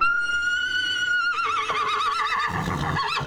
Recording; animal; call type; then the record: contact call of a hoofed animal; horse; whinny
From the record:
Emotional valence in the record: negative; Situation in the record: group separation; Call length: 3.3 s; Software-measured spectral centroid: 2410 Hz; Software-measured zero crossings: 3040 a second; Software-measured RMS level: -24 dBFS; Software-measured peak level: -12 dBFS